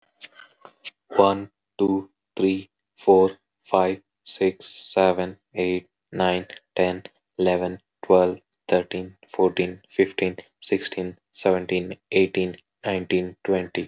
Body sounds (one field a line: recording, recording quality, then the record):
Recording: counting at a normal pace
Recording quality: excellent, no background noise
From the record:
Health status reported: healthy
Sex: male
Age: 24 years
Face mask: not worn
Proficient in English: yes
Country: India